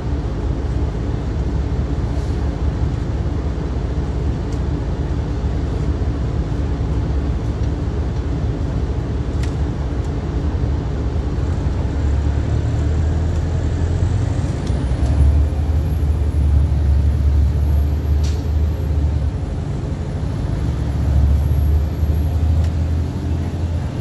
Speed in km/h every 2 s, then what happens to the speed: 0, 0, 0, 0, 2, 6, 15, 23, 29, 35, 40, 45.
0-9 standing. 9-24 pulls away to 45.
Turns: none.